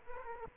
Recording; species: mosquito wingbeat signal from an infrared sensor; Aedes aegypti